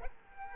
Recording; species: mosquito wingbeat signal from an infrared sensor; Culex quinquefasciatus